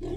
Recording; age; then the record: pig call; weaner (32 to 43 days)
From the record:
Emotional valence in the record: positive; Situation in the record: positive conditioning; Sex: female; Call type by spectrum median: low-frequency call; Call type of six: low-frequency stable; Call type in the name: low-frequency stable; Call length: 0.17 s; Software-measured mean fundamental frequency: 39 Hz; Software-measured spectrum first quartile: 74 Hz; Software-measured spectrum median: 267 Hz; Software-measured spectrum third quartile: 387 Hz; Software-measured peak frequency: 362 Hz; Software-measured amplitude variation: 130 dB a second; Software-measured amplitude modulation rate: 26.2 a second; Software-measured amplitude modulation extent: 5.0 dB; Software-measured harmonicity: 3.6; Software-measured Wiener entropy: -0.25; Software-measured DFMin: 880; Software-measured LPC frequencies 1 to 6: 361, 1932, 2654, 3322, 3939, 5163 Hz